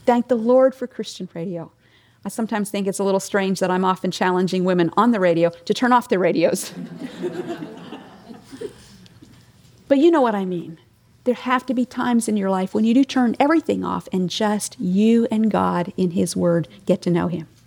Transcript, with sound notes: Thank the Lord for Christian radio, but I sometimes think it’s a little strange that I’m often challenging women on the radio to turn off their radios. (laughter) But you know what I mean. There has to be times in your life when you do turn everything off and just you and God and His Word, and get to know Him.